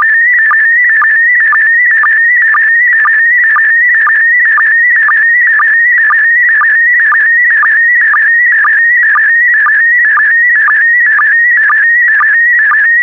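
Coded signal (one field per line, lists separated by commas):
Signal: SSTV (slow-scan television)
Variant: PD120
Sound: steady warbling tone near 2 kHz with a short low blip twice a second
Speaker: complete. You can now check your decoded image against the picture that is shown on the video.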